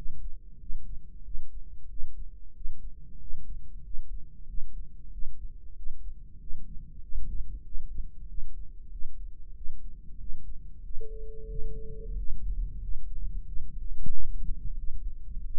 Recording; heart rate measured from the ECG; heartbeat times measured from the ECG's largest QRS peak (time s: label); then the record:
heart sounds by microphone in the right ear; 93 bpm
0.61 s: heartbeat
1.26 s: heartbeat
1.91 s: heartbeat
2.56 s: heartbeat
3.21 s: heartbeat
3.85 s: heartbeat
4.49 s: heartbeat
5.13 s: heartbeat
5.77 s: heartbeat
6.41 s: heartbeat
7.04 s: heartbeat
7.67 s: heartbeat
8.30 s: heartbeat
8.93 s: heartbeat
9.57 s: heartbeat
10.21 s: heartbeat
10.85 s: heartbeat
11.50 s: heartbeat
12.18 s: heartbeat
12.83 s: heartbeat
13.47 s: heartbeat
14.12 s: heartbeat
14.78 s: heartbeat
15.45 s: heartbeat
From the record:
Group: healthy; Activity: rest 0-12 s, Valsalva maneuver 12-16 s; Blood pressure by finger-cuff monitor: 129/73 mmHg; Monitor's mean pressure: 90 mmHg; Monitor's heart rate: 93 bpm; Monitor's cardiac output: 7.8 L/min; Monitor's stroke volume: 84 mL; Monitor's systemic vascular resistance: 850 dyn s/cm5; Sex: male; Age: 21 years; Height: 175 cm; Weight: 72.6 kg